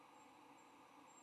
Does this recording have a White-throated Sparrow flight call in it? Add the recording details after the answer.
no. No flight call is heard. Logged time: 04:15 on 22 November 2014